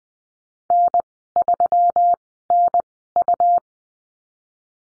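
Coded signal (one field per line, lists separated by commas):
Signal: Morse code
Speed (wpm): 20 wpm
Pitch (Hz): 700 Hz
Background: none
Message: N3NU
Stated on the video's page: Morse course lesson on letter Y with call signs, Farnsworth speed 20/10wpm.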